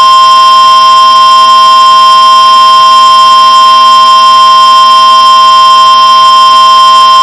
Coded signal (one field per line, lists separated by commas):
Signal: Emergency Alert System (SAME) tones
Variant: 1050 Hz attention tone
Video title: Severe thunderstorm warning EAS 1720